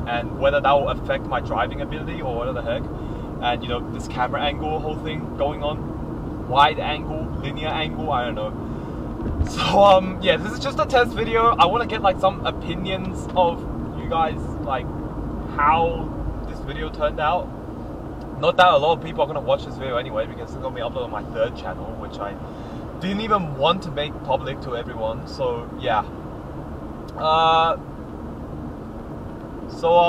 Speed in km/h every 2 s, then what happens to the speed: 72, 72, 70, 70, 69, 71, 72, 72, 72, 69, 69, 67, 67, 67, 67.
0-30 steady at about 70.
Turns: none.